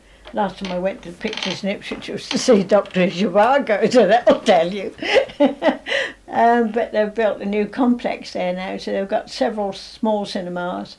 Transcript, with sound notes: Last time I went to the pictures in Ipswich it was too see Doctor Zhivago! So that'll tell you! [laughs] Eh, but they've built a new complex there now so they've got several, small cinemas.